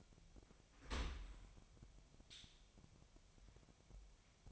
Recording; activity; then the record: daily activity, microphone in the room; open dishwasher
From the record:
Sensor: 1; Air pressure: 1006.8 hPa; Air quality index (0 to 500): 208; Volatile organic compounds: 24 ppm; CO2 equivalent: 2809 ppm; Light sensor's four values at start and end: 12/32/13/14 and 12/32/13/14